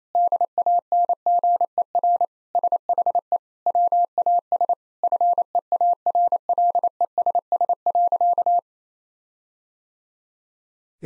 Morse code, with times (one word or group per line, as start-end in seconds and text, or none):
0.1-2.3 DANGER
2.6-3.4 SHE
3.7-4.7 WAS
5.0-8.6 FEARLESS.